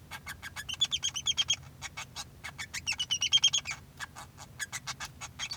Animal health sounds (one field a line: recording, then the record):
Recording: song of a male Bengalese finch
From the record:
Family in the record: son of father 2